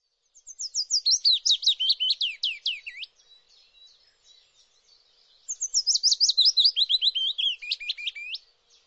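Bird song: two bright bursts of rapid chirps, each a quick series of high, sweeping notes falling in pitch, separated by a few seconds of soft twittering.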